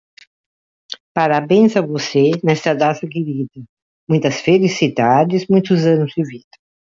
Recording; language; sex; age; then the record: short text; Brazilian Portuguese; female; 80 to 89 years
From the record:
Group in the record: control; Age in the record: 82 years